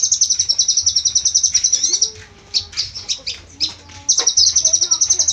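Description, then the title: Small bird singing: a rapid high trill, a pause with scattered sharp chirps and faint background sounds, then the fast trill again. "Burung Kecil"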